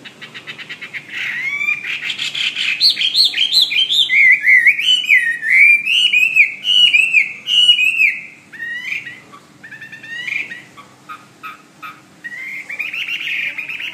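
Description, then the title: Bird song starting with a fast rattle, building into rhythmic whistled notes, then softer chirps and a closing harsh note. "SuaraBurung Kicau"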